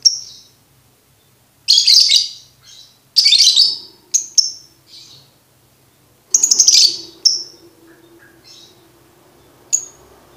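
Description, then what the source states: Lovebird chatter: harsh buzzy bursts alternating with sharp high chirps, separated by brief silences, with a low soft twittering under one burst. Bird-tutoring (masteran) recording no. 2, played for birds to learn ngekek.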